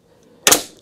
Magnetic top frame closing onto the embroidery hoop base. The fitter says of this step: this locks into place